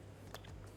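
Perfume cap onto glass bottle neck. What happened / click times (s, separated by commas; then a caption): The cap is being handled on the bottle and has not yet snapped home / none. A heavy perfume cap is being handled at the neck of its glass bottle, with a steady low hum underneath. A few light taps and rattles are heard around 0.3, 0.5 and 0.7 seconds. Nothing has seated or clicked yet.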